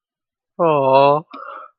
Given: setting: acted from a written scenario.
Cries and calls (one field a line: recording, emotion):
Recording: vocal sound without words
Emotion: adoration